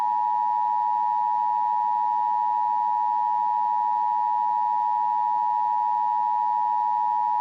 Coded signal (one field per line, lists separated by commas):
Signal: Emergency Alert System (SAME) tones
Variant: 853 and 960 Hz attention tone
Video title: [EAS RECREATION COMP] - 35 Minutes worth of Required Monthly Tests